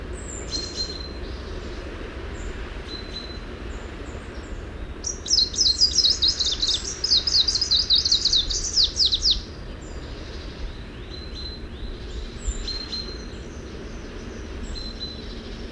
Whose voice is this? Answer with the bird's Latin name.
Phylloscopus trochiloides